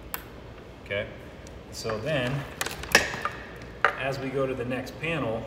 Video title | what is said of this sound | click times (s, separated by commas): How to make Solar DC Wire Connections (Homeruns) for SolarEdge, Sol-Ark and String inverters | sure to listen for that click okay | 0.1 s